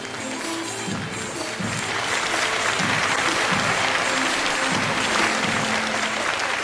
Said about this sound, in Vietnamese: Và bây giờ, xin quý vị một tràng pháo tay thật lớn cho thí sinh thứ nhất,